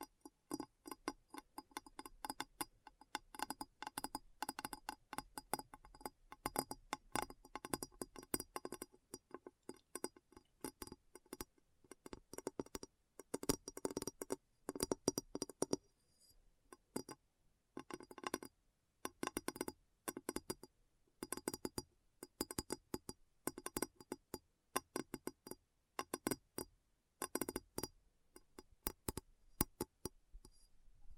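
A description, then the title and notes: Addictive tapping in quick, irregular bursts of sharp clicks and taps, bright and glassy, like fingertips or nails on glass. The runs are dense and fast, broken by brief pauses, with a short lull around 16 to 17 seconds before the tapping resumes steadily. ASMR Addictive Tapping. (No Talking).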